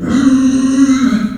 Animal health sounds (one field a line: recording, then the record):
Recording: squeal of a Yucatan mini pig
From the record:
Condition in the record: after surgery on the right vocal fold (resection and tissue-engineered implant)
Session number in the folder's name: 6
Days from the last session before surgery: 40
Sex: female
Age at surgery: 19 weeks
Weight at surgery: 25 kg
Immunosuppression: prednisolone